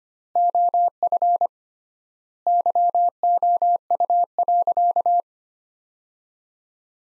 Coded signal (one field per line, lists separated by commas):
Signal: Morse code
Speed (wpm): 25 wpm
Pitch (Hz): 700 Hz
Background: none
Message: OF YOU.